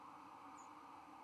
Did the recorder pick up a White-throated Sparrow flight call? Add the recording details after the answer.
no. Another species' flight call is heard. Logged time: 06:00 on 31 October 2014